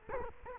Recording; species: mosquito wingbeat signal from an infrared sensor; Culex quinquefasciatus